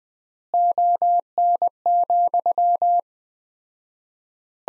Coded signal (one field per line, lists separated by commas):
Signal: Morse code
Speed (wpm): 20 wpm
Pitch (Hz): 700 Hz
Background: none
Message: ON,